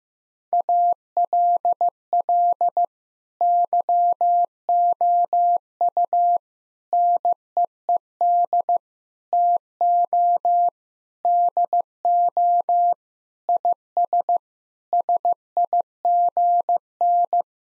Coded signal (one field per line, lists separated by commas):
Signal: Morse code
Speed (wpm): 16 wpm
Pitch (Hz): 700 Hz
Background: none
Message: ALL YOU NEED TO DO IS SIGN